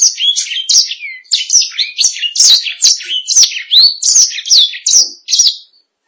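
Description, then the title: Canary, a steady sequence of sharp chirps and downward-sliding whistles, roughly two notes a second. "BM Suara Kenari"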